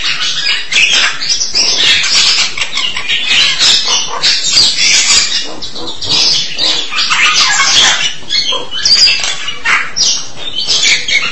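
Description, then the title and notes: Starling singing continuously, rasping, crackling notes layered with high squeals and scratchy trills that barely break throughout. "suara burung jalak"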